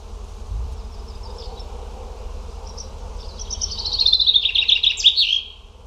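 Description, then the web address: Bird song: soft high notes build into a loud, rapid trill that falls gradually in pitch and then stops abruptly, over a low background hum. "cianscape birddata Deverinetal 2025 Bird Only"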